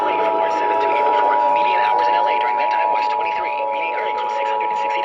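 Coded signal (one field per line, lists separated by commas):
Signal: Emergency Alert System (SAME) tones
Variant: 853 and 960 Hz attention tone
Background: speech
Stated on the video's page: Required Monthly Tests received over a single night.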